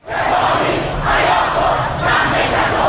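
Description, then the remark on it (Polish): A large crowd of up to 1000 protesters, mainly students, chants loudly in unison in the streets of Tehran, Iran, near two universities, protesting the authorities over the military's shooting down of a Ukrainian plane; voices rise in rhythmic surges about once a second over a constant roar of the mass. “Irańczycy wyszli na ulicę w pobliżu dwóch uniwersytetów, by zaprotestować przeciwko nieuczciwości władz”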